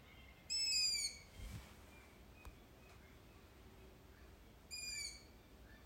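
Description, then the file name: Bird calling in two short bursts of harsh, stacked, chattering notes about four seconds apart, with a quiet background and a few faint clicks between. "fugl"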